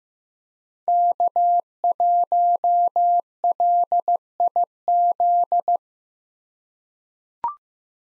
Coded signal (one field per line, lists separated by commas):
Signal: Morse code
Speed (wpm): 15 wpm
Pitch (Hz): 700 Hz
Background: none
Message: K1LIZ